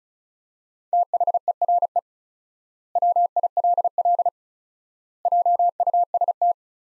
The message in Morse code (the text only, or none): THERE WILL JUST